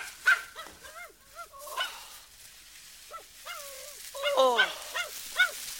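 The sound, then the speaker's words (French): Milou, Tintin's dog, yelps repeatedly after bumping its nose into a peacefully sleeping hedgehog in a haystack, in quick, high-pitched, wavering cries, first in a rapid burst, then after a short lull in another louder flurry, over a faint steady hiss. “Milou l'y a suivi, mais il a moins de chance que son maître et va donner du nez dans un paisible hérisson qui dormait. D'où les cris que vous entendez.”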